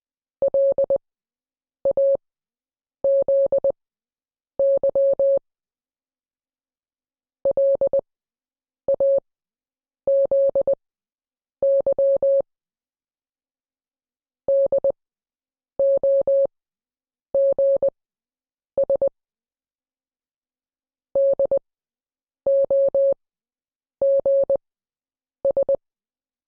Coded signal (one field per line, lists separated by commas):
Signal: Morse code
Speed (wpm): 20 wpm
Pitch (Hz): 550 Hz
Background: none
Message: LAZY LAZY DOGS DOGS